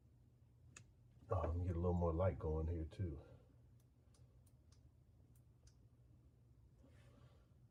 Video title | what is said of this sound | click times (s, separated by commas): Audi Electrical Connector Pin Removal Install | Stick that in there. You're going to hear it click. | 0.8 s